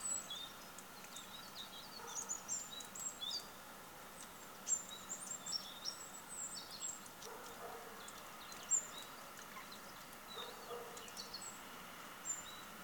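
Birds calling: scattered high, thin chirps and short whistles from several birds throughout, over steady background noise.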